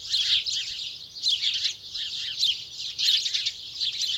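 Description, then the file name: House sparrow chatter: bursts of harsh overlapping chirps, with softer chirping between them. "Passer domesticus"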